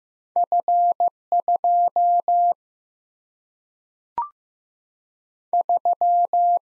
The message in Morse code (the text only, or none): F 2 3